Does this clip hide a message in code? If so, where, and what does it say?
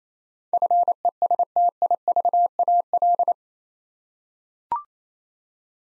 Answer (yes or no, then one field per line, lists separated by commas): yes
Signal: Morse code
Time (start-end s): 0.5-3.3 s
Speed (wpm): 28 wpm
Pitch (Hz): 700 Hz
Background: none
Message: FESTIVAL